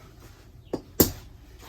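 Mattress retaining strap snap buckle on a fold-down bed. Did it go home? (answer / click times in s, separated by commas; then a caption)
released / 0.7 s, 1.0 s. The snap buckles on the fabric straps that hold the mattress on a fold-down bed are unsnapped by hand. Two quick snaps are heard at 0.7 s and 1.0 s, the second much louder and sharper. The straps snap apart and release the mattress.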